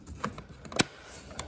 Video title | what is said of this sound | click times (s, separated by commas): Trusted detailed information Toyota LandCruiser LC150 replace door check strap | See, boom. So just push it till it snaps into place. That's it, done. | 0.8 s, 1.4 s